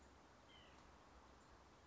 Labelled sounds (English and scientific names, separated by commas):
White-breasted Nuthatch (Sitta carolinensis)